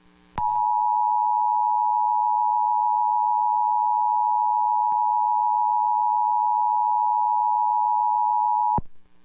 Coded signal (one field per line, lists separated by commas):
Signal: Emergency Alert System (SAME) tones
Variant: 853 and 960 Hz attention tone